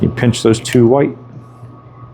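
Someone talks while the two white plastic spring feet of a selection label holder are pinched together, ready to be pushed through the holes in the display panel of a Dixie Narco 501E vending machine. After the talking stops at about 1.1 s, only a low, steady hum remains. Nothing has seated or clicked yet.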